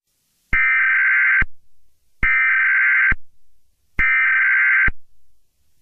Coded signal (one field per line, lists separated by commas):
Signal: Emergency Alert System (SAME) tones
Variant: header bursts